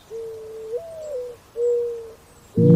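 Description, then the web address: Mourning dove cooing: a steady coo that lifts to a higher note and slides back down, then a second long level coo, ending as a louder sound begins. Recorded on a school rooftop in summer. "BGT fruitiger school rooftop -(Mourning dove)"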